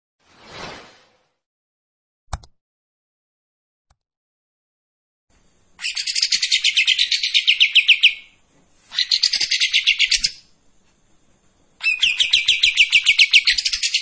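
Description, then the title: Streak-eared bulbul song: after a soft noise and a click, three bursts of fast, harsh, evenly repeated notes separated by short pauses. Actively singing bird giving long tembakan and besetan song phrases; clear audio meant as master audio for training white-rumped shamas. "KAPAS TEMBAK GACOR TEMBAKAN DAN BESETAN PANJANG AUDIO KERNIH COCOK UNTUK MASTERAN MURAI BATU"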